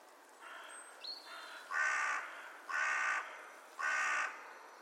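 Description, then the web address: Bird giving harsh, cawing calls: a fainter note, a brief rising whistle, then three loud raspy caws about one second apart over steady background hiss. "Deverinetal 2025 File origin Bird Only"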